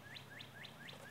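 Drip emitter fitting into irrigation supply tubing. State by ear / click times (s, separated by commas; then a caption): not seated / none. A drip irrigation barbed emitter fitting is handled at a freshly punched hole in plastic supply tubing, about to be pushed in until it snaps. Only a steady background with a repeating rising bird chirp is heard, and no snap. Nothing has seated or clicked yet.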